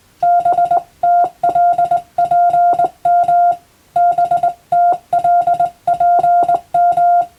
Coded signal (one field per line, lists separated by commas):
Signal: Morse code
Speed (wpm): 20 wpm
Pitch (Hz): 700 Hz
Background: none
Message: BTLPM BTLPM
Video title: そうだ！今年はYouTubeでモールス信号をマスターしよう！スマホ全盛の今でも行われているモールスの国家試験の練習風景です。アマチュア無線の受信練習にどうぞ(morse code practice )